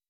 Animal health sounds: hydrophone in a shrimp aquaculture tank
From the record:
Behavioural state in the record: weakened

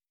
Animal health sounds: hydrophone in a shrimp aquaculture tank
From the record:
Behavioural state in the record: starved

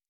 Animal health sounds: hydrophone in a shrimp aquaculture tank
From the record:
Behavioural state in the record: normal

